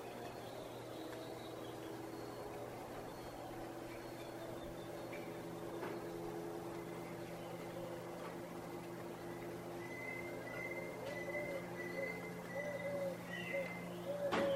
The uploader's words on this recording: Sounds from the Narrowest Main Street in the World. Early morning on the balcony overlooking what’s recognized to be the narrowest main street in the world – the Placencia Sidewalk in Belize.